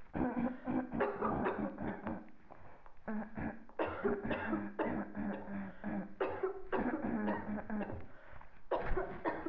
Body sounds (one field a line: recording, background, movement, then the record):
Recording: throat clearing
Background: a bystander coughing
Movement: sitting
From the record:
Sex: female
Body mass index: 36.4 kg/m2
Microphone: on the chest, facing the body